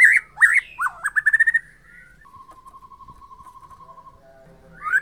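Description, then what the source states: White-rumped shama song: loud swooping whistles and a quick trill, then a long even low trill, ending with a rising note. Murai Borneo type from Borneo; bird named Mas Kiki.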